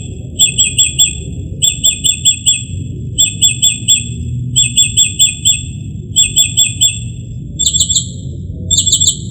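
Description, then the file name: Northern mockingbird song of fast, insect-like ticking chirps in tight bursts of four or five, repeated steadily, then a brief change of phrase near the end. "kicauan-burung-northern-mockingbird -omkicau"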